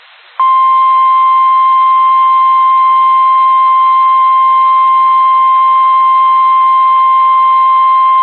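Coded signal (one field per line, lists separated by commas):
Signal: Emergency Alert System (SAME) tones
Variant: 1050 Hz attention tone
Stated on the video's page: Severe Thunderstorm Warning alert received on weather radio station WXL42.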